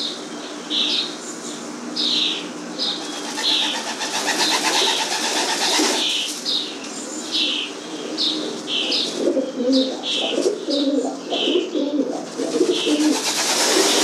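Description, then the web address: Pigeon coos, low and throaty, building up in the second half, while small birds chirp sharply and repeatedly at a high pitch throughout. "голуби"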